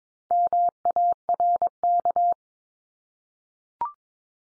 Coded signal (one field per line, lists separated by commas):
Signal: Morse code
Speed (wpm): 22 wpm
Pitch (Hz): 700 Hz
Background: none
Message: MARK